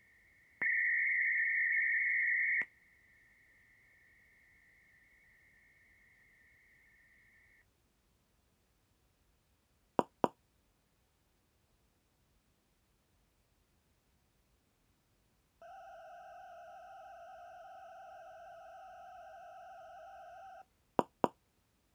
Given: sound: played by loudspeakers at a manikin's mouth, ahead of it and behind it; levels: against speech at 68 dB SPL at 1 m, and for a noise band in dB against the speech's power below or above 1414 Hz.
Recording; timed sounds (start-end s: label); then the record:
test signals for a remote microphone
0.00-0.62 s: noise band at 2000 Hz, -13 dB
0.62-2.62 s: noise band at 2000 Hz, +22 dB
2.62-7.62 s: noise band at 2000 Hz, -13 dB
9.99 s: click
10.24 s: click
15.62-20.62 s: four noise bands (707, 1414, 2828 and 5656 Hz), 50 dB SPL
20.99 s: click
21.24 s: click
From the record:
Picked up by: measurement microphone